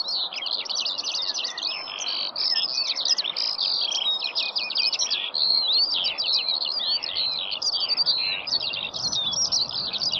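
Lark giving a sustained, busy song of fast, shrill, jumbled notes without pause, a soft hiss beneath.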